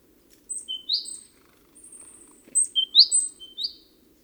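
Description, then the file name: Great tit calls: short high chirps and sharp upslurred notes in two bursts, with a thin drawn-out whistle between them. "Parus major"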